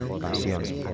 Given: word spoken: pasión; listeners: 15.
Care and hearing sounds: one Spanish word in noise, from a listening test; eight-talker babble; 0.5 dB; 0 of 15; 7 of 15; 0.54 s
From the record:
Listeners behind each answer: 7, 2, 2, 1, 1, 1, 1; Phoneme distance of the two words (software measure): 17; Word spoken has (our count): 2 syllables, 6 phonemes, stress on syllable 2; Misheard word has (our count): 3 syllables, 7 phonemes, stress on syllable 3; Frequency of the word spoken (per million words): 45.77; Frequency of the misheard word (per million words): 104.37

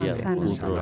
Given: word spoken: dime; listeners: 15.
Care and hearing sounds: one Spanish word in noise, from a listening test; four-talker babble; -2.3 dB; 0 of 15; 7 of 15; 0.42 s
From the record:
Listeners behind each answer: 7, 1, 1, 1, 1, 1, 1, 1, 1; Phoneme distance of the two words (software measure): 59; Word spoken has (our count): 2 syllables, 4 phonemes, stress on syllable 1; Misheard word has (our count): 3 syllables, 7 phonemes, stress on syllable 2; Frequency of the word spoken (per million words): 11.91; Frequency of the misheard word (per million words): 15.08

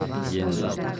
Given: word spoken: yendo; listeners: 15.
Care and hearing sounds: one Spanish word in noise, from a listening test; eight-talker babble; -2.8 dB; 0 of 15; 6 of 15; 0.60 s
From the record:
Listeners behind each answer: 6, 2, 1, 1, 1, 1, 1, 1, 1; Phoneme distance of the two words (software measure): 27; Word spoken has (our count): 2 syllables, 5 phonemes, stress on syllable 1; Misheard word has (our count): 2 syllables, 6 phonemes, stress on syllable 1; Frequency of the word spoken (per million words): 10.39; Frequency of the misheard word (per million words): 51.03

